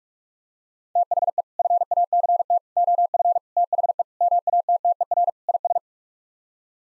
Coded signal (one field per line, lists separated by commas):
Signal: Morse code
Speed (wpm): 41 wpm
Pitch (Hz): 700 Hz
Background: none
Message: THE FACT OF THE MATTER IS